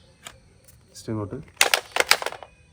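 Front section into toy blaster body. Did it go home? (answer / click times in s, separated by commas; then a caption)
yes / 1.7 s, 2.1 s. The front section of a toy electric gel blaster is pushed in over two lock tabs and turned into the blaster body until it locks. Someone talks briefly, then sharp plastic clicks are heard at 1.7 s and 2.1 s among a quick run of smaller clicks. The front section is locked in place.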